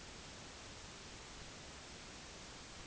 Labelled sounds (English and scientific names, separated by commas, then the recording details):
none
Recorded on Arctic tundra, site NAIT-1, on 30 June 2019
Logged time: 06:00